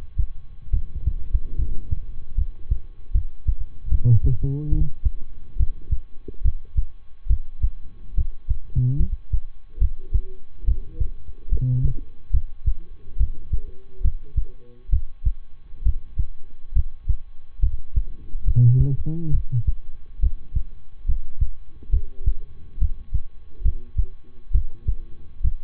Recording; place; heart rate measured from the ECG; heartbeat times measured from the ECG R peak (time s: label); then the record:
heart sounds by stethoscope; between the tricuspid and mitral areas; 70 bpm
0.69 s: heartbeat
1.55 s: heartbeat
2.34 s: heartbeat
3.11 s: heartbeat
3.88 s: heartbeat
4.69 s: heartbeat
5.56 s: heartbeat
6.41 s: heartbeat
7.26 s: heartbeat
8.14 s: heartbeat
8.96 s: heartbeat
9.78 s: heartbeat
10.64 s: heartbeat
11.48 s: heartbeat
12.30 s: heartbeat
13.16 s: heartbeat
14.01 s: heartbeat
14.89 s: heartbeat
15.82 s: heartbeat
16.72 s: heartbeat
17.59 s: heartbeat
18.43 s: heartbeat
19.30 s: heartbeat
20.19 s: heartbeat
21.05 s: heartbeat
21.89 s: heartbeat
22.78 s: heartbeat
23.61 s: heartbeat
24.51 s: heartbeat
25.40 s: heartbeat
From the record:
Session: rest, lying down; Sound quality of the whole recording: good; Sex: male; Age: 23 years